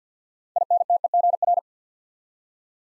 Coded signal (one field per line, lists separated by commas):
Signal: Morse code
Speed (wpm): 50 wpm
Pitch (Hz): 700 Hz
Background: none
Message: INTEGR